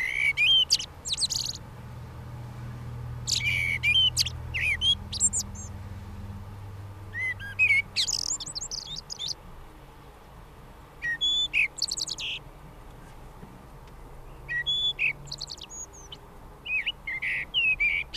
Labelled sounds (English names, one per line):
Common Blackbird song